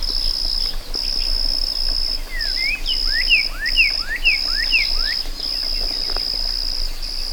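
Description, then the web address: Crickets trill steadily in long segments while a bird gives a run of curved, slurred whistles in the middle. Meadow ambience with birds and crickets. "Dr Sound Effects. A Meadow With Birds and Crickets"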